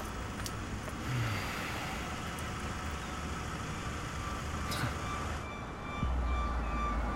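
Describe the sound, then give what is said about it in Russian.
A black jeep's engine rumbles steadily with broad road noise, a brief high metallic squeak partway through, then a low idling hum as it comes to a halt. No one speaks. “Остановился черный джип.”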